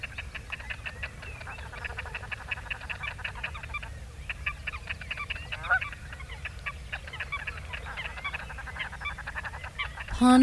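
Great crested grebe calls: rapid rattling, clicking series mixed with nasal notes, steady throughout, ending with a loud bump.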